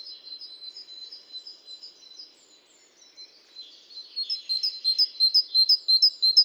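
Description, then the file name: Great tit calls: soft high chipping and a thin steady tone at first, building into louder, evenly spaced sharp chips near the end. "Parus major"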